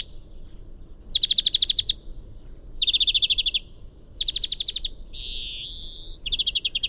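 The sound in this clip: European greenfinch song: rapid, high, buzzy trills in short bursts, then a drawn-out nasal wheeze that rises in pitch, over a low rumbling background.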